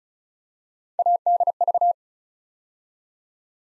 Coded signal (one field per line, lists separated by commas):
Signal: Morse code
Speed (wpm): 36 wpm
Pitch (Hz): 700 Hz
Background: none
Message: ADV